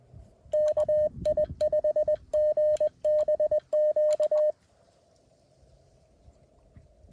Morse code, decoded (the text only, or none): KI5GBQ